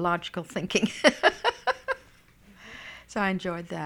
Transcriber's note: she laughs